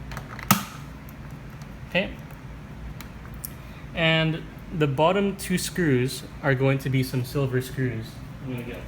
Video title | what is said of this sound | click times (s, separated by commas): Woods 59744WD Light Switch Timer: Review And Easy Install | we're going to mount this right on top of it. Should snap right in. | 0.5 s